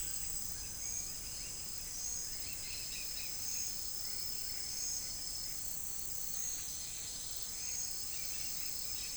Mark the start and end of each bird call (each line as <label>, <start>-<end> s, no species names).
bird call, 0.29-1.93 s
bird call, 2.35-3.73 s